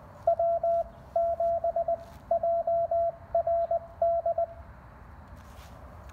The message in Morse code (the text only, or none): W7JRD